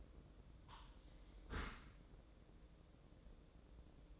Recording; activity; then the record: daily activity, microphone in the room; close dishwasher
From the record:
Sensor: 3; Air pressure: 1012.3 hPa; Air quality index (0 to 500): 166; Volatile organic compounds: 2 ppm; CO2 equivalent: 1273 ppm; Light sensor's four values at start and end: 582/1435/593/598 and 582/1436/593/598